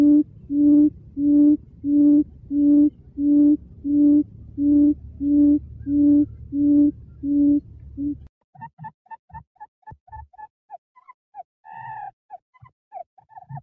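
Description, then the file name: Quail's low, evenly spaced hoots run for about eight seconds, then stop, followed by scattered higher chirps and clicks. "Tieng cut um"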